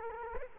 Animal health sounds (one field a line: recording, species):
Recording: mosquito wingbeat signal from an infrared sensor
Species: Culex quinquefasciatus